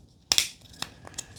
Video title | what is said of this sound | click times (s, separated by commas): Blink Mini 2 Plug-in Smart Security Camera UNBOXING | and it should snap into place | 0.3 s